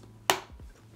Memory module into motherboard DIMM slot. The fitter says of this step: my click is going to happen nicely each and every time